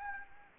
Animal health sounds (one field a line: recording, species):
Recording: mosquito wingbeat signal from an infrared sensor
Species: Anopheles arabiensis